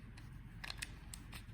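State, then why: Not seated. The metal key blade of a Mini Cooper key is handled at the plastic key fob during a battery replacement, before being pushed back into the fob. Brief, faint plastic taps and scrapes sound over a low background hum. Nothing has seated or clicked home yet.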